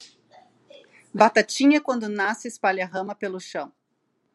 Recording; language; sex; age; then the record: short text; Brazilian Portuguese; female; 40 to 49 years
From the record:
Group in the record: control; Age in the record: 49 years